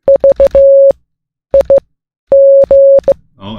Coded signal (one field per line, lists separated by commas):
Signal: Morse code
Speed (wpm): 16 wpm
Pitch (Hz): 550 Hz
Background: none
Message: VIG